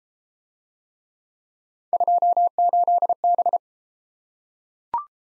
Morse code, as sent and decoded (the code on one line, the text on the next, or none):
..--- ---.. -...
28B